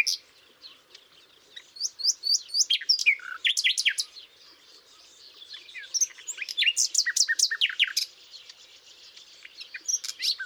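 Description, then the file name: Common nightingale singing varied phrases, with a series of rising high whistles, fast clicking repeated notes and pauses between bursts, over faint steady background noise. "Luscinia megarhynchos"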